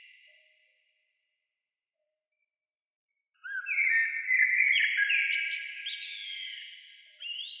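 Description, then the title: Bird song: a faint whistle fades out, silence follows, then a bright phrase of rich whistled and warbled notes ending in a short rising note. "Oiseaux"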